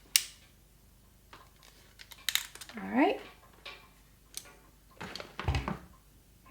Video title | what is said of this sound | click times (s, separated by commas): Let's Cut the Cable! Power Distribution Made EASY! Anderson Power Poles | and i'm gonna squeeze it till it clicks | 0.2 s